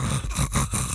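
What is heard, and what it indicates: An adult imitates a snore, a loud snore given as the reply when a snorer is spoken to or offered water.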